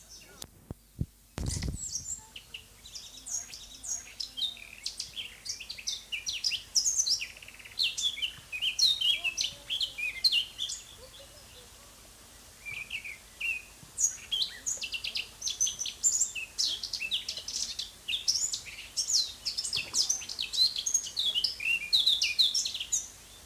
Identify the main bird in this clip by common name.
Eurasian Blackcap